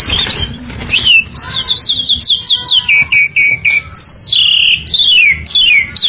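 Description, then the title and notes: Bird song of clear whistled trills and sweeping notes, delivered as a string of short rapid phrases. "Bird Sound. Kicau Burung Lengkap"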